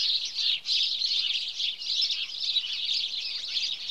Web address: The BBC Sound Effects Library. Birds. House Sparrow (Passer Domesticus)